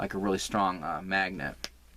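Two halves of a magnetic snap closure, sewn on either side of a crocheted Christmas tree bag, are handled and pressed toward each other while someone talks. The clip ends before the halves snap shut, so nothing has clicked or seated yet.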